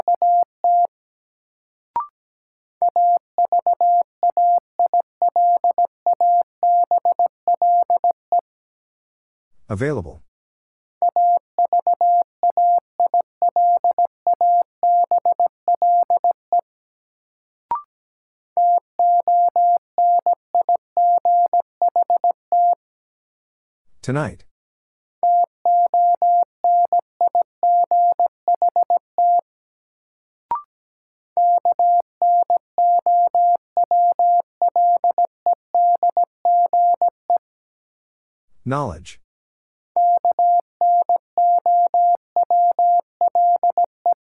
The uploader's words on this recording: Sentences from Top 600 Words - New Word Drill - 17wpm. First, the word is sent in Morse code.